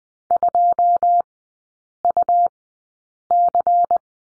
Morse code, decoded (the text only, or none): 2UC